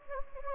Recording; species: mosquito wingbeat signal from an infrared sensor; Anopheles gambiae